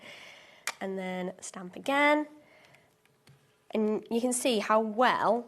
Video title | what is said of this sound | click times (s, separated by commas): HobbyMaker Live | bring it down, and click it. satisfying click | 0.7 s